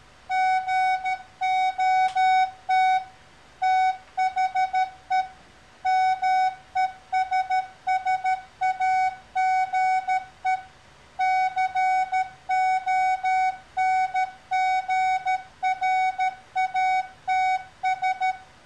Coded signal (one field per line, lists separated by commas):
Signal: Morse code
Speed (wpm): 13 wpm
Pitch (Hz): 750 Hz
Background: none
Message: GOT THE MESSAGE CONGRATS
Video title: iPhone App Review: Morse-it